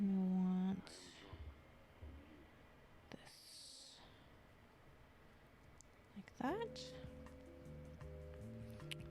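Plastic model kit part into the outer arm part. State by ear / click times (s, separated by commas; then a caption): seated / 8.9 s. Someone talks while a plastic model kit part is pushed into the outer arm part, with music playing in the background. A few faint handling clicks lead up to a sharp snap at 8.9 s as the part pops right in and seats.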